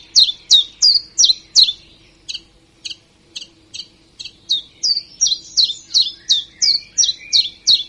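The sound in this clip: Common chiffchaff song of crisp, high see-sawing notes, loud for two seconds, quieter and sparser midway, then building back to a strong rhythmic run.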